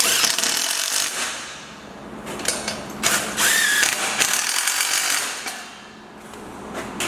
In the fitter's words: when it starts to click away you know that it's getting tight